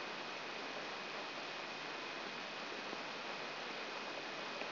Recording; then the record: brain microelectrode recording played as sound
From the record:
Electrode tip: outside the subthalamic nucleus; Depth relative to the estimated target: -1 mm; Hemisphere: right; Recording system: AlphaMap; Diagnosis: Parkinson's disease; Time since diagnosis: 11 years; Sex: male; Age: 66 years